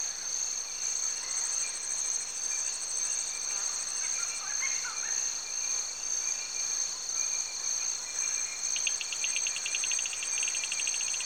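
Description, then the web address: Insects keep up a dense, ringing high buzz, joined near the end by a separate rapid, regularly pulsed trill. Recorded in Cameroon, Africa. "BBC Sound Effects Library. Cameroun, Turaco Birds, Insects"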